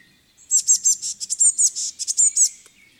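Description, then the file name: Eurasian blue tit giving a quick series of high, harsh chattering notes lasting about two seconds. "Cyanistes caeruleus"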